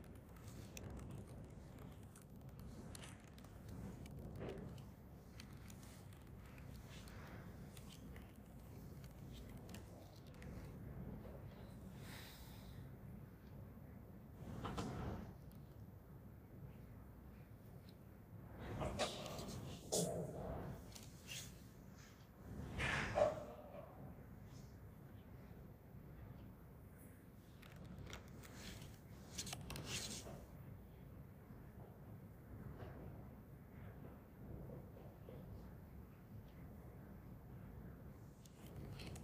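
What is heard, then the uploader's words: Books and people at work: a steady low murmur and rumble runs throughout, broken by sharp knocks, thumps and rustles every few seconds. The busiest moments come around 15, 19–20, 23 and 30 seconds, with faint voices blended into the background. In a library (no music). The noises of books and hard-working people. No music, only background noises.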